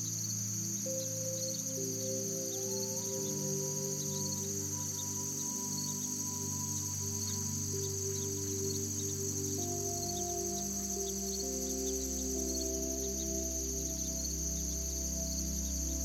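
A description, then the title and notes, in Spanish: Soft, sustained music of long held chords fills the low and middle range, shifting to new notes every few seconds. Above it runs a steady, dense, high chirring like crickets or small birds, constant and unchanging throughout. El Sonido de los PÁJAROS y una MÚSICA Suave. Cantos de pájaros y una música suave en el fondo.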